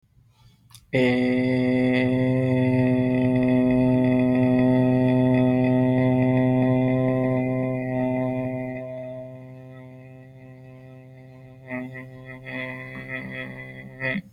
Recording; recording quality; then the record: sustained vowel as in made; excellent, no background noise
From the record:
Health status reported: healthy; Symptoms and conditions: none ticked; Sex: male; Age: 25 years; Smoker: not ticked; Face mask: not worn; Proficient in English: yes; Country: India